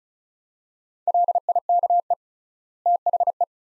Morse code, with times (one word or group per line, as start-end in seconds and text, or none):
1.1-2.1 LIKE
2.9-3.4 THE